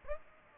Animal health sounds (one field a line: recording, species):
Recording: mosquito wingbeat signal from an infrared sensor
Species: Aedes aegypti